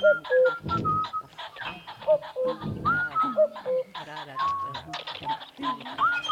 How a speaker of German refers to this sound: Kuckuck.